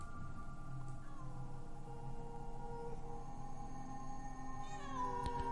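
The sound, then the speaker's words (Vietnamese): A cat on the roof of a house at night screeches with a long, wavering, drawn-out yowl that turns harsher and climbs in pitch near the end, loud and continuous over a low background drone. “Nó rít lên một tiếng nghe đến rợn cả người trong đêm đen.”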